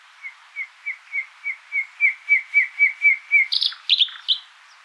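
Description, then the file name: Common nightingale song: a steady crescendo of about twelve repeated piping notes, ending in a few harsh scratchy notes. "Luscinia megarhynchos"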